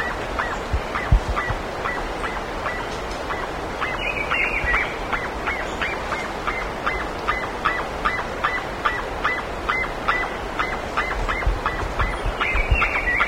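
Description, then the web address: Bird uttering a long run of brief clipped notes, roughly two or three per second, with a couple of higher twittering bursts against dense hissing noise. "BIRD 2015 SABIOD 50 bird 2015"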